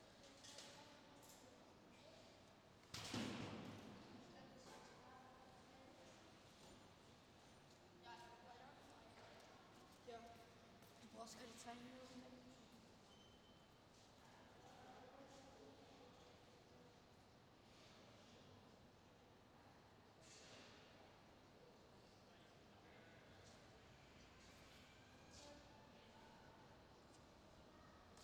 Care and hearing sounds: everyday scene through a hearing-aid microphone; reverberant space; background noise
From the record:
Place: railway station hall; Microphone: in the ear canal, left

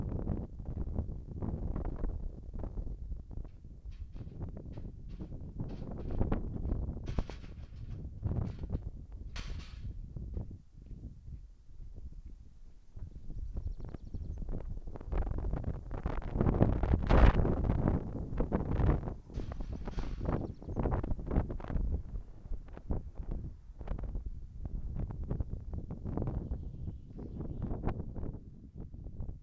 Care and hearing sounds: everyday scene through a hearing-aid microphone; wind on the microphone; wind, other noises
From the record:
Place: in front of a rural house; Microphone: behind the ear, right, rear

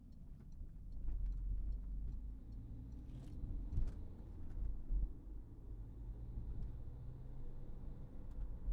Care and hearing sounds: everyday scene through a hearing-aid microphone; in a vehicle; engine, highway driving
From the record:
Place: Berlingo II, diesel engine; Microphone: behind the ear, right, front

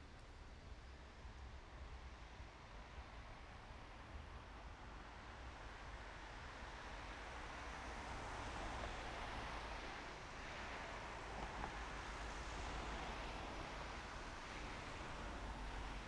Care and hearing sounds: everyday scene through a hearing-aid microphone; in traffic; traffic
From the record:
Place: main road on the outskirts, rush hour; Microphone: behind the ear, right, front

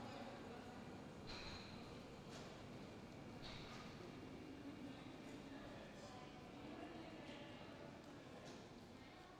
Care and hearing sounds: everyday scene through a hearing-aid microphone; reverberant space; background noise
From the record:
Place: railway station hall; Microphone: in the ear canal, left

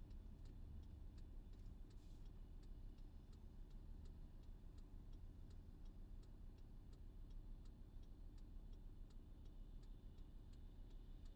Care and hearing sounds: everyday scene through a hearing-aid microphone; in a vehicle; engine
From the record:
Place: VW T5 Caravelle, diesel engine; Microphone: in the ear canal, left

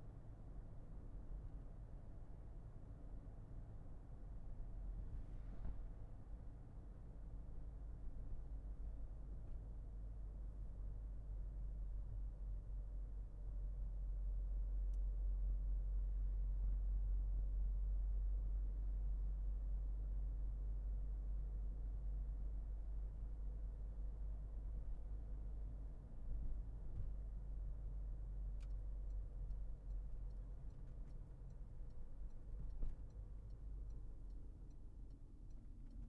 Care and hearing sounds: everyday scene through a hearing-aid microphone; in a vehicle; engine, highway driving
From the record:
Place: Berlingo II, diesel engine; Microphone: behind the ear, left, front

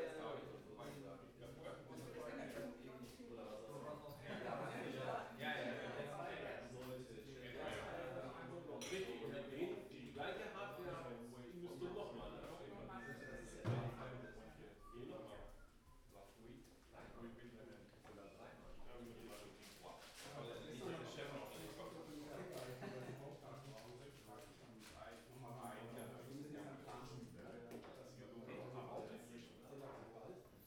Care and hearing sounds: everyday scene through a hearing-aid microphone; many people talking; many voices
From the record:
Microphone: behind the ear, right, rear

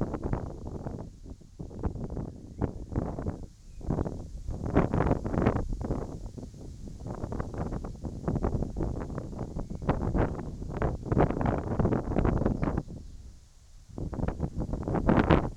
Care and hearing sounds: everyday scene through a hearing-aid microphone; wind on the microphone; wind, whistling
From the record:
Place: in front of a rural house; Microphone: in the ear canal, right

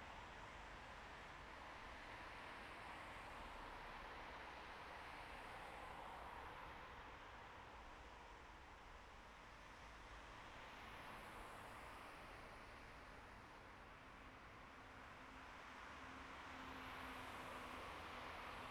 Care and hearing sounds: everyday scene through a hearing-aid microphone; in traffic; traffic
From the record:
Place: bus stop on a city main road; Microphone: behind the ear, right, rear

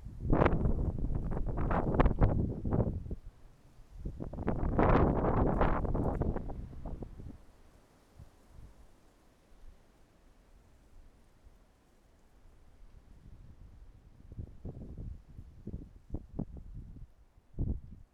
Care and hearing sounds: everyday scene through a hearing-aid microphone; wind on the microphone; wind, traffic, birds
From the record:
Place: suburban garden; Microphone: behind the ear, right, front

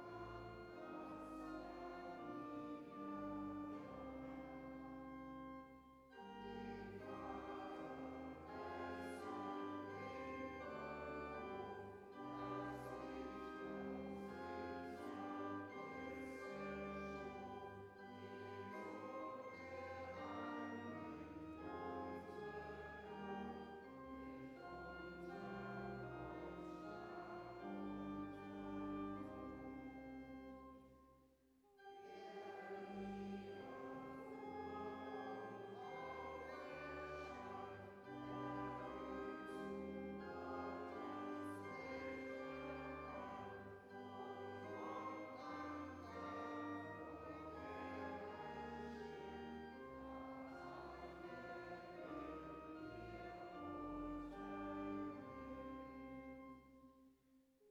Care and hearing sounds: everyday scene through a hearing-aid microphone; reverberant space; music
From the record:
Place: church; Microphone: behind the ear, left, front

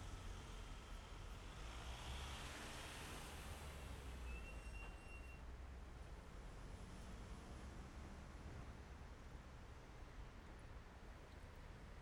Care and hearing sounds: everyday scene through a hearing-aid microphone; in traffic; traffic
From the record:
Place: main city hub, rush hour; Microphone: behind the ear, left, front

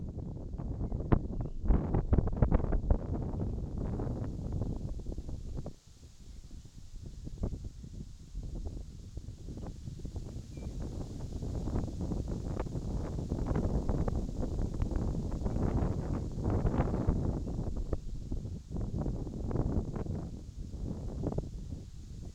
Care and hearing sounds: everyday scene through a hearing-aid microphone; wind on the microphone; wind, birds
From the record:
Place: in front of a rural house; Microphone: in the ear canal, left

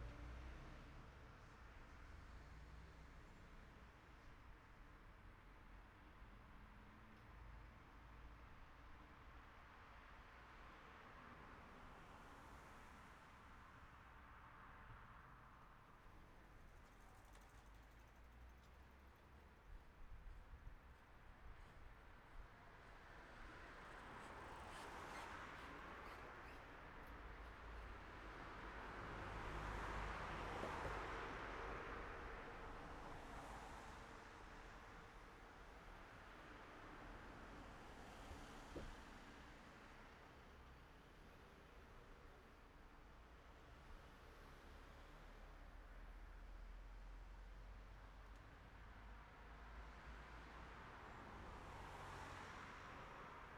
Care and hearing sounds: everyday scene through a hearing-aid microphone; in traffic; traffic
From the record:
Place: city secondary road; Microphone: behind the ear, right, front

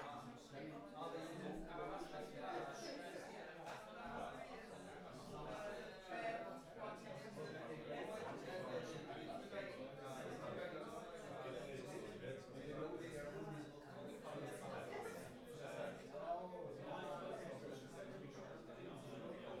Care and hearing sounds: everyday scene through a hearing-aid microphone; many people talking; many voices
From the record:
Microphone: behind the ear, right, rear

